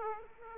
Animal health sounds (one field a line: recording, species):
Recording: mosquito wingbeat signal from an infrared sensor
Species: Aedes aegypti